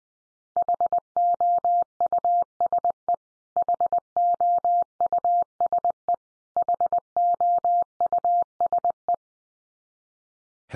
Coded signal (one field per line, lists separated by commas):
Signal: Morse code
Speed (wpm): 20 wpm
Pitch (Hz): 700 Hz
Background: none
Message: HOUSE HOUSE HOUSE